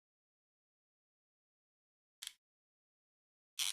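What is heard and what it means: While unboxing a PSVR headset, a plastic adjustable part of the headset is worked into position against the headset body. After near silence, two short, sharp bursts of handling noise come at about 2.3 and 3.6 seconds. The part has not locked into place yet and nothing has clicked.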